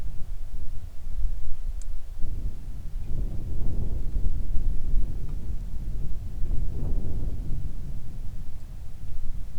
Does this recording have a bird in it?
no